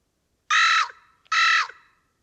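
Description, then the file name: Carrion crow with a pair of loud, raucous caws in a quiet background. "Corvus corone"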